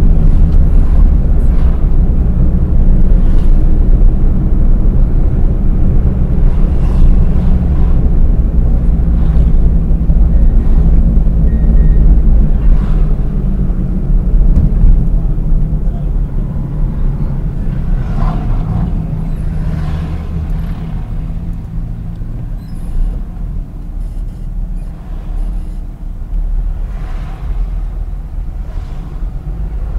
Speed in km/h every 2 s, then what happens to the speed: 51, 54, 55, 49, 48, 44, 37, 30, 25, 15, 9, 9, 9, 10, 14.
0-5 steady at about 54. 5-20 slows to 9. 20-26 steady at about 9.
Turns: none.